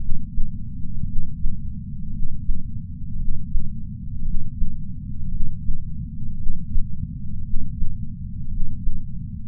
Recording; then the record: heart sounds by patch sensor on the chest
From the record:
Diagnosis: coronary artery disease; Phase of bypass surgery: intraoperative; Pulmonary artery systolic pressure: 25 mmHg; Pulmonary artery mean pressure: 17 mmHg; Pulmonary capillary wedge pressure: 11 mmHg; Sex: male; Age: 62 years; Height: 172 cm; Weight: 60 kg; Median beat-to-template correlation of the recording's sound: 0.91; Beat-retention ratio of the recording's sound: 1.00